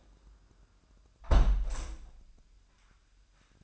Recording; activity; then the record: daily activity, microphone in the room; close window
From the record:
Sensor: 2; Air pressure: 998.3 hPa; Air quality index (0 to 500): 132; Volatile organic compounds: 3 ppm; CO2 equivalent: 1502 ppm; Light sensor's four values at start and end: 6/15/6/7 and 6/15/6/7